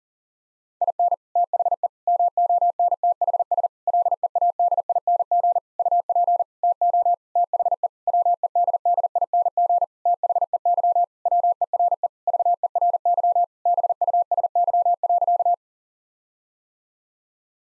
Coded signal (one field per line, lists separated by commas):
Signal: Morse code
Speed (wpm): 37 wpm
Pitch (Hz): 700 Hz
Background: none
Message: IN THE MONTHS LEADING UP TO THE WEDDING THEY WERE VERY BUSY.